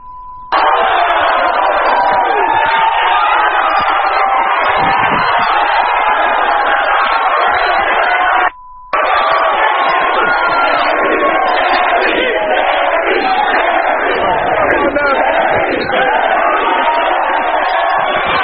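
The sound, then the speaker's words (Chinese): The studio audience of an American TV talk show shouts and cheers, urging on a fight as guests grab each other by the neck, in a loud, continuous roar of overlapping voices, broken once by a brief gap with a short steady tone before the clamor resumes. “然后 D 保安出现，切了夸张，然后现场的观众就还喊着啊啊啊就打。”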